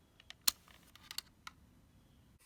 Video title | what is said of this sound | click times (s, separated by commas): How to remove & replace center console air vent on Lexus IS250, IS350. | You can use a flathead screwdriver and push them down until you hear a click. | 0.5 s, 1.2 s